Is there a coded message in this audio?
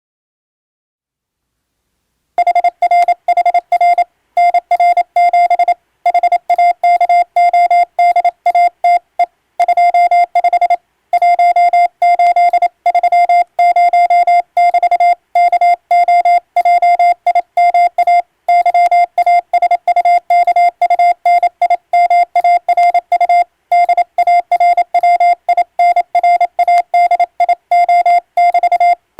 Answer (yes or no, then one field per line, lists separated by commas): yes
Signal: Morse code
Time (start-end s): 2.4-28.9 s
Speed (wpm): 27 wpm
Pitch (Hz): 700 Hz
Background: none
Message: HRHR NR7 HAKODATE 25 1830<BT>KOJIMA YASUKUNIMARU DARWINRADIO<BT>